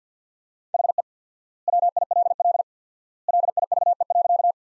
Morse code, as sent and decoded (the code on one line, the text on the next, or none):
.... . / .-- .. .-.. .-.. / .-.. .. ...- . .-.-.-
HE WILL LIVE.